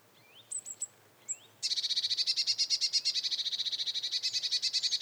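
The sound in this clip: Eurasian blue tit calling: a few thin, high rising notes, then a long buzzy churr of rapid pulses that runs unbroken for over three seconds.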